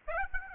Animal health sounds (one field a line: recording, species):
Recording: mosquito wingbeat signal from an infrared sensor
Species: Aedes aegypti